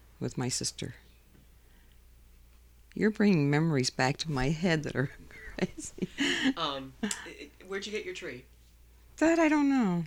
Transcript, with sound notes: with my sister. You're bringing memories back to my head that are crazy. ( she laughs )
Where did you get your tree?
That I don't know.